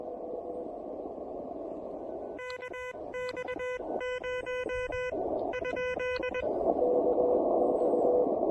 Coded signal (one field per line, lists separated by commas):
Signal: Morse code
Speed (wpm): 21 wpm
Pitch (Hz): 2000 Hz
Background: none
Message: KX0 ?